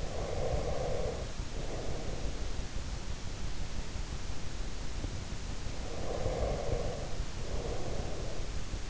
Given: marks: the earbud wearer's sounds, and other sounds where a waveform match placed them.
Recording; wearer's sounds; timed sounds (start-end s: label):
sounds in sleep by an in-ear microphone; breath
0.00-2.32 s: breath
5.76-8.34 s: breath